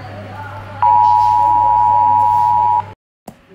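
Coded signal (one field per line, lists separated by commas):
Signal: Emergency Alert System (SAME) tones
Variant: 853 and 960 Hz attention tone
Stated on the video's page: Fictional EAS scenario.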